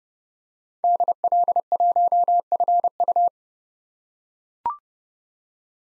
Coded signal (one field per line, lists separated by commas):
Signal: Morse code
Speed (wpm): 31 wpm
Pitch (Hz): 700 Hz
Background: none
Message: DL1FU